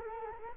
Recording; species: mosquito wingbeat signal from an infrared sensor; Culex quinquefasciatus